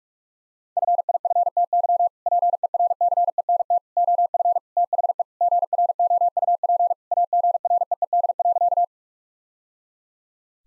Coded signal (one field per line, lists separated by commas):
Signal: Morse code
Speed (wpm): 46 wpm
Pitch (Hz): 700 Hz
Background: none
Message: FIFTY PERCENT OF THE GROUP AGREED.